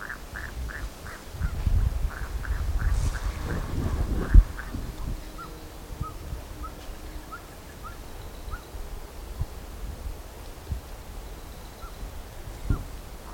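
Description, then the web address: Bird calls: a rapid series of short hoarse notes for the first few seconds, then faint scattered whistled slurs among low rumbling and a sharp knock. "BIRD 2015 SABIOD 50 bird 2015"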